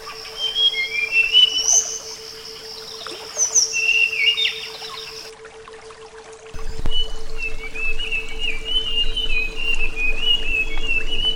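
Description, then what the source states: Flycatcher song: scattered whistled phrases at first, then a long continuous twittering warble at a fairly even pitch, over a steady low hum. Flycatcher song presented as therapy (terapi); uploaded 2014.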